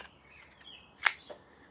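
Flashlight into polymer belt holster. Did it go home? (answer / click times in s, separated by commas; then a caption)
yes / 1.1 s. An Olight Prowess flashlight is pushed into a polymer belt holster, giving a sharp, short snap at 1.1 s after a faint tick at 0.6 s, with a small after-sound near 1.3 s. The flashlight is securely seated in the holster.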